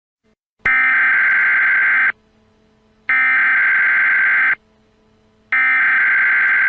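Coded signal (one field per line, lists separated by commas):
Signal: Emergency Alert System (SAME) tones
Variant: header bursts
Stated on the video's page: Fictional EAS scenario tones set in an invented world, about the outbreak of war in 1982.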